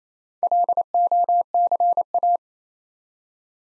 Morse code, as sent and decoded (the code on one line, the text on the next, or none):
.-.. --- -.-. .-
LOCA